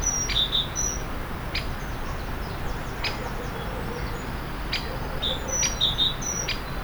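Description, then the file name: Great tit calls: short thin chirps high in pitch, a pair near the start and a small cluster near the end, over steady low rumbling background noise. "Parus major"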